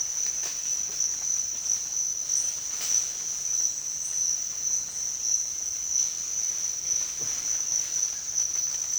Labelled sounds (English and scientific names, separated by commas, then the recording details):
none
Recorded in dense forest near Puerto Asís, Putumayo, Colombia, on 23 June 2025 at 06:30
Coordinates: 0.468, -76.322
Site GP03